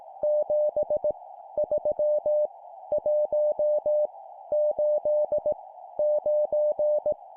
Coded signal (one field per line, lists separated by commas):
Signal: Morse code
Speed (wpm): 18 wpm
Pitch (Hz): 600 Hz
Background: none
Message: 7 3 1 8 9